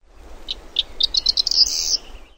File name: whinchat